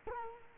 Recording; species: mosquito wingbeat signal from an infrared sensor; Culex quinquefasciatus